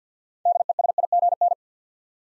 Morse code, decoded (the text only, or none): DESIGN